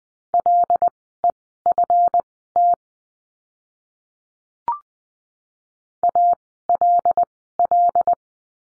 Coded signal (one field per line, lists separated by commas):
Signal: Morse code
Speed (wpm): 20 wpm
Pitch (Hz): 700 Hz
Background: none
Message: LEFT ALL